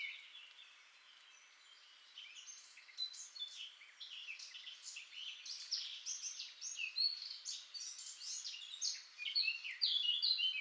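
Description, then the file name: Eurasian blackcap delivering a soft, hurried warble of jumbled high twittering notes, building gradually in strength over several seconds. "Sylvia atricapilla"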